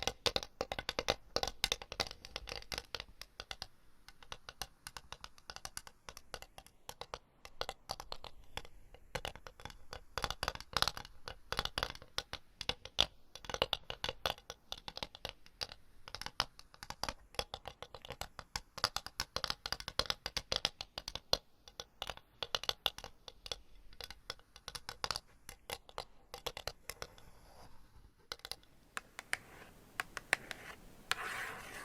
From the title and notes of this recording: Changing Triggers Every 30 Seconds Scratching , Tapping , Massage & More No Talking.